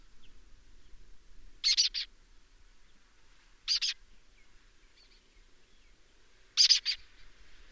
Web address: sound Lesser-kestrel. صدای-پرنده-دلیجه-کوچک